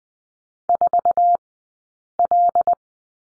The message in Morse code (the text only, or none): 4L